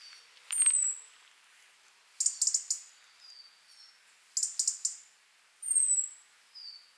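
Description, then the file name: European robin giving rapid bursts of sharp ticking clicks, mixed with thin, high whistles that slide downward and a few softer short notes. "Erithacus rubecula"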